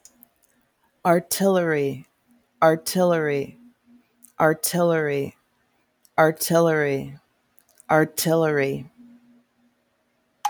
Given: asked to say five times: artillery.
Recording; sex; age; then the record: repeated word; female; 40 to 49 years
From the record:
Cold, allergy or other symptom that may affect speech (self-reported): no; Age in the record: 41 years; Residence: Florida, United States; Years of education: 19